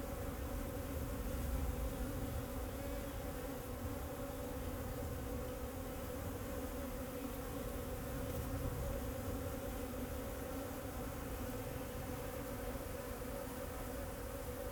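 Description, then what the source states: Bees keeping up a continuous buzzing drone, with a low rumble beneath. Bees flying around the recordist in Jacques Brelpark, Kersbeeklaan, Vorst, Belgium; train in background; recorded binaurally with a Sennheiser Ambeo binaural headset.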